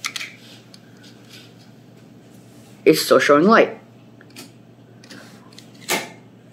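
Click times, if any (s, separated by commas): 5.9 s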